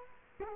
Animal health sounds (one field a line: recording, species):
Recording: mosquito wingbeat signal from an infrared sensor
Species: Culex quinquefasciatus